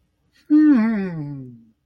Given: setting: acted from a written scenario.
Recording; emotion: vocal sound without words; interest